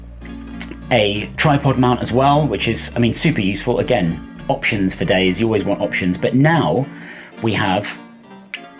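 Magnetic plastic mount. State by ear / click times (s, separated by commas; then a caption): seated / 8.5 s. An action camera is set onto a magnetic quick-release mount while someone talks over background music. The mount snaps into place with one sharp, loud snap at 8.5 seconds, and the camera is seated.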